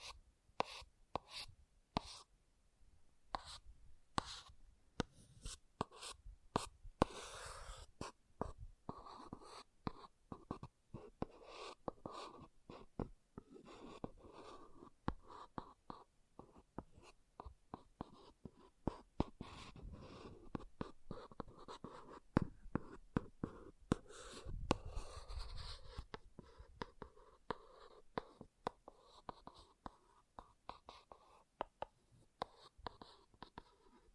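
An object scratches in dense, irregular strokes, sharp bright scrapes clustering thickly for 34 seconds, with a rougher, louder burst around 25 seconds.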